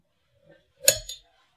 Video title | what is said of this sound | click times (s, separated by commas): Faster Inc.'s multi-connector and screw-on couplings | pull it down and there'll actually be a click you'll hear at the end | 0.9 s